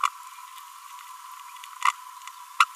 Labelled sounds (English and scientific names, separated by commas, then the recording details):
Green-rumped Parrotlet (Forpus passerinus) babbling
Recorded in a nest box in Venezuela
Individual 18B25A3